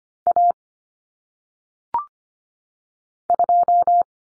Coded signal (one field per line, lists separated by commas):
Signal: Morse code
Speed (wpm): 25 wpm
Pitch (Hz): 700 Hz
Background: none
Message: A 2